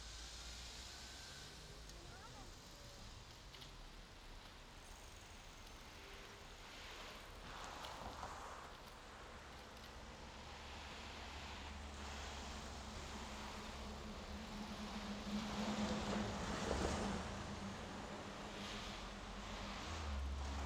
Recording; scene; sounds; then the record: everyday scene through a hearing-aid microphone; in traffic; traffic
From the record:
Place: main road on the outskirts, rush hour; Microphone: in the ear canal, left